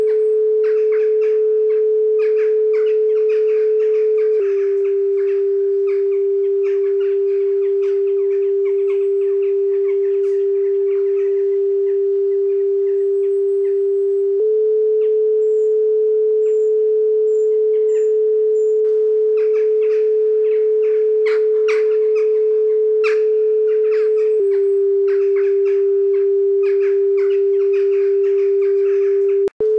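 A pure steady tone alternates between two close pitches, 432hz and 396hz, switching roughly every ten seconds. Behind it, faint bird chirps and calls flutter, with a few high whistles around the middle.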